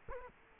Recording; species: mosquito wingbeat signal from an infrared sensor; Culex quinquefasciatus